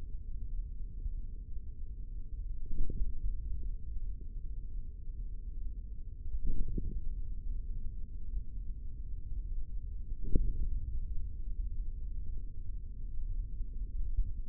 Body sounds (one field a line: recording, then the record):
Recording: forearm muscle sounds (acoustic myography)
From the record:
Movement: tripod grip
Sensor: system 3, bracelet of six PUI Audio POM-2738L microphones around the upper forearm, with dedicated amplification and filtering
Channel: 3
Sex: male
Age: 25 years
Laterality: right